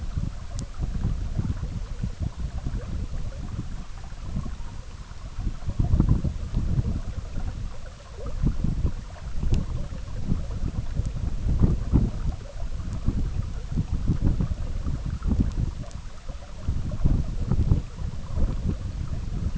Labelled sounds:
none
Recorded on Arctic tundra, site EABA-MC, on 17 June 2019
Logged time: 04:00

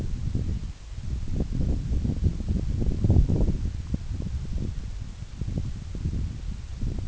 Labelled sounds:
none
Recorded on Arctic tundra, site NAIT-1, on 26 June 2019
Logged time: 16:00

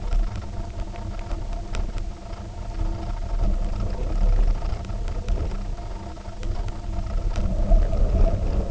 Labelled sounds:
none
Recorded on Arctic tundra, site UTQI-0, on 19 June 2018
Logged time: 02:00

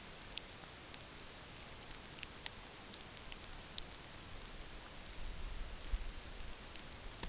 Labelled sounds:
none
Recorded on Arctic tundra, site NAIT-1, on 27 June 2019
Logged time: 20:00

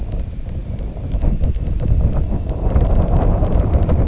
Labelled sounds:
none
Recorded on Arctic tundra, site IGLO-D, on 19 June 2018
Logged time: 22:00

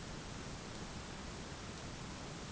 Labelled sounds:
none
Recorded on Arctic tundra, site ZACK-1, on 11 June 2019
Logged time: 01:49

